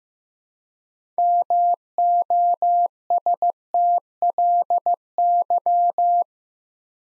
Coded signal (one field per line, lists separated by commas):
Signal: Morse code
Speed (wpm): 15 wpm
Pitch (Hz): 700 Hz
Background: none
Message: MOSTLY